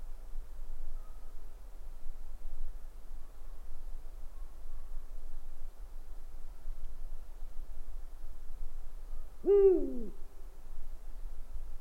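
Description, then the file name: Owl giving a single short, harmonic hoot near the end that swells and then drops slightly in pitch, over a steady low hum. "gufo"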